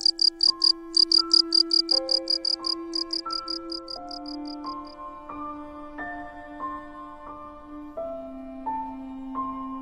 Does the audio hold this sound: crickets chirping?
yes